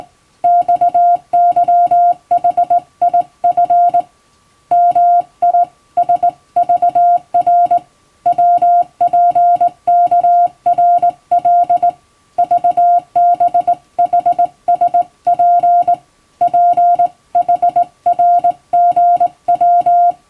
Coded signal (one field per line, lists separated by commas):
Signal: Morse code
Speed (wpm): 19 wpm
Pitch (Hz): 700 Hz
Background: music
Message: XYHIF MISVR WPKRL VBHSP PHRGW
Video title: 退職後の趣味に最高！手打ちで綺麗に打てるとカッコイイかも！昔やってたアマチュア無線を再開しよう！脳トレにもなります！欧文モールスを電報形式で打ってみました！(morse code practice)